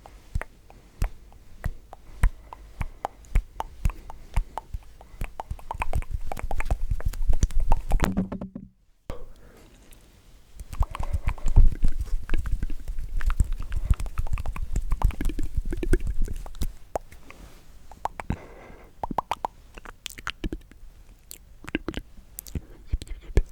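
Tingly mouth sounds: a dense run of wet clicks, pops and smacks, sharp and bright, packed tightly together. Near eight seconds the sounds stop for about a second of silence, then resume, louder through the middle and thinning toward the end.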